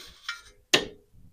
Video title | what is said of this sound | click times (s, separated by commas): DRZ400 Maintenance Tutorial - Oil + Chain Service - Built for Exploration | Right, we heard that click. It's a click type wrench. | 0.7 s